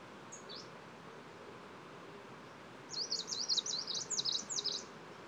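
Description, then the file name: Ludlowi: bird song: two thin high notes, then after a pause a rapid run of sharp, high, zigzagging notes over quiet background hiss. Song recorded on 9 July 2016. "ludlowi song 160709"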